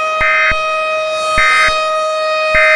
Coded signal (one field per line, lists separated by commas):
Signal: Emergency Alert System (SAME) tones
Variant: end-of-message bursts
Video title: EAS Scenario - Houston Tornado